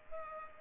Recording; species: mosquito wingbeat signal from an infrared sensor; Culex pipiens